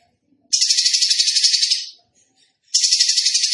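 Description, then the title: Tembakan bird song of dense, buzzy, high trills, one lasting about one and a half seconds, then a pause before a second buzzy trill begins. Masteran (tutor song) for training cage birds; Tembakan bird singing gacor, continuously and vigorously. "Masteran Burung Tembakan Gacor"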